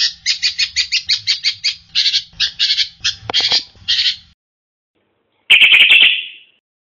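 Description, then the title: Drongo calls: a fast run of harsh, buzzy notes, then slower ones, a short pause and one long rasping squawk. "Suara Srigunting. Hobiburung"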